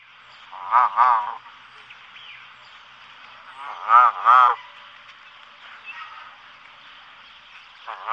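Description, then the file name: Canada goose calls: two pairs of rough honks about three seconds apart over a steady hissing background, with a faint call later and another starting at the very end. "Kanadagas"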